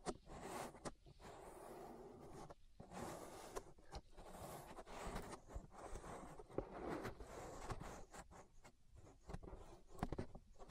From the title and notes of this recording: ASMR Relaxing Ear Massage. (No Talking).